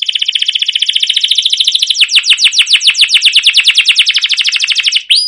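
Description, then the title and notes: Canary singing a fast rolling trill that shifts into slower, repeated down-slurred chirps, ending with a brief high rising note. Long continuous rolling song of a canary, used as a lure to prompt other canaries to sing. "CUIT CUIT NGEROL LANGSUNG GACOR PANJANG Kenari Ini AMPUH Utk Pancingan KENARI. burung kenari"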